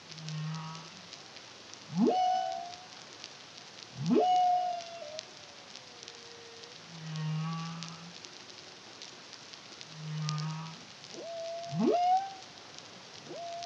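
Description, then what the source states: Humpback whale song: sweeping upward whoops that level into long tones, alternating with low steady hums, over crackling sea noise. Caribbean, CARIMAM project, 2023.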